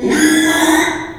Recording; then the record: squeal of a Yucatan mini pig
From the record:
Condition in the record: after surgery on the right vocal fold (resection and tissue-engineered implant); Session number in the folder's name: 3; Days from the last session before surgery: 33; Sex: male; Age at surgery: 12 weeks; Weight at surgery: 13 kg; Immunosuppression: cyclosporine, prednisolone